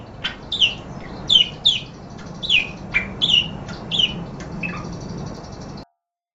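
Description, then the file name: Parakeet giving short, harsh squawks and chirps at irregular intervals. "suara burung parkit. omkicau"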